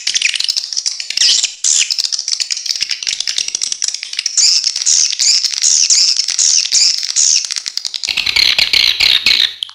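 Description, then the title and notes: Swiftlet calls, a steady stream of high shrill chirps and squeaky twitters in regular pulses, ending with a harsher buzzy burst. Swiftlet calls used as a lure sound in swiftlet bird farming, Asia. "Swiflet Bird Sound. Farming Swiflet Bird asia sound"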